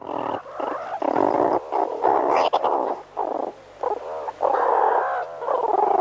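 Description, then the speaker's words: Meerkat calls: repeated churring bursts in runs with short gaps, and a brief higher squeak midway. Young meerkats in a school lesson, learning to hunt scorpions. "Und so klingt eine Unterrichtsstunde bei den Erdmännchen."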